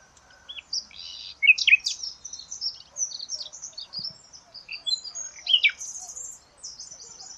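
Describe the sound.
Bird song of varied high chirps and twitters, some rising and falling, in scattered bursts with short gaps between them.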